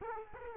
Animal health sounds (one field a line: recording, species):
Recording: mosquito wingbeat signal from an infrared sensor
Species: Aedes aegypti